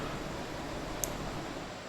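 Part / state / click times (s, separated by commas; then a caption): watch strap into smartwatch case lock / seated / 1.0 s. A watch strap is pushed into the strap-lock slot of an HW8 Ultra Max smartwatch case. A single sharp click sounds at 1.0 s over steady low background noise. The strap locks in and sits correctly.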